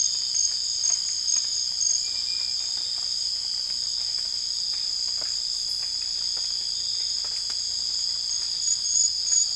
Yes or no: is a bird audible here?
no